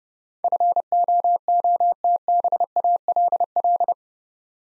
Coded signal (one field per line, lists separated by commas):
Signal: Morse code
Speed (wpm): 28 wpm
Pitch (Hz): 700 Hz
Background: none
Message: FOOTBALL